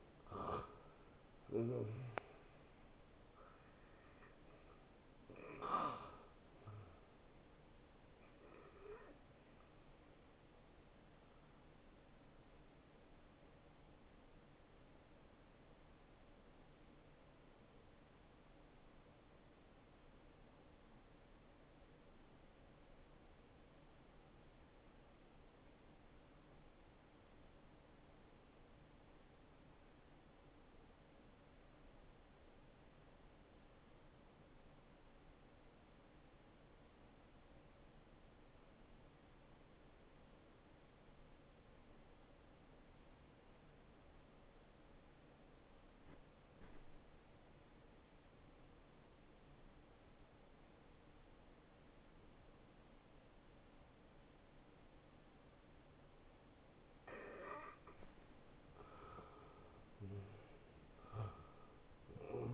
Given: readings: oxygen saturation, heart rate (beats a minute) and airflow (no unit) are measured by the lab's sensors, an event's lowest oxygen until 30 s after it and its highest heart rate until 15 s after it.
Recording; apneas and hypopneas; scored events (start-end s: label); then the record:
breathing in sleep by a voice recorder at the bedside; 1
8.00-38.00 s: new sleep stage, N1 (lightest sleep)
17.00-57.10 s: obstructive apnea (N1, oxygen 95% highest, then 83% lowest, heart rate 68 at the start, 79 highest)
38.00-62.54 s: new sleep stage, N2 (light sleep)
From the record:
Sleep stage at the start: N2 (light sleep); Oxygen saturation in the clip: 82 to 95%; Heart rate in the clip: 55 to 76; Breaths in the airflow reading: 5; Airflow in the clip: -16.2 to 8.9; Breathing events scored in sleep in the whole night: 263 in 5.5 hours asleep